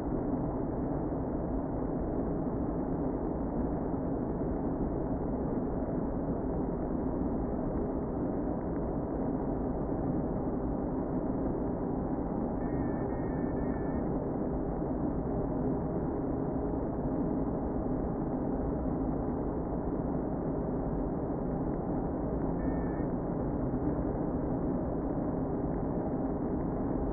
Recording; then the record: honeybee colony, microphone inside the hive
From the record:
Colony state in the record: queen present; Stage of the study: before two queens were removed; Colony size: about 60,000 bees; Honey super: yes